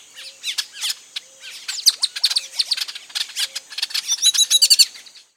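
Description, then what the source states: Carib grackle calls: clustered squeaky chips and sweeping notes, building to a fast run of bright metallic whistles near the end. Recorded on 29 June 2008.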